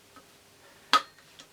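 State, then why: Seated. A speedometer drive unit is fitted onto the front wheel hub of a Kawasaki KMX 125 motorcycle, with its lugs matching the hub. After a faint tick at 0.2 s, a sharp, bright click at 0.9 s marks the drive unit seating onto the hub, followed by a few quieter ticks.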